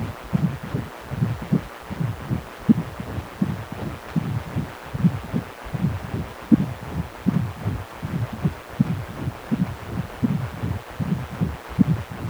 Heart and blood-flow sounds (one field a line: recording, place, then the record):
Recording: Doppler ultrasound of blood flow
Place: precordium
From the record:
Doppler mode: continuous wave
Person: healthy adult, 18 to 50 years, no heart murmur, not diving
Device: 2.5 MHz transducer